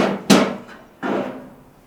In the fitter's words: and this thing just barely fits within yeah just like this snaps right in